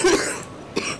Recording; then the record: coughing mixed with background sound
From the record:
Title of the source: 31 night wet cough